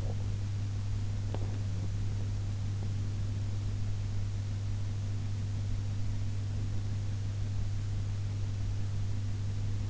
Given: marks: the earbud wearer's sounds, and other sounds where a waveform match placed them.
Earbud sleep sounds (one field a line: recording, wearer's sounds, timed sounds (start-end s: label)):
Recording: sounds in sleep by an in-ear microphone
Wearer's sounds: teeth grinding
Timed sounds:
0.00-1.66 s: teeth grinding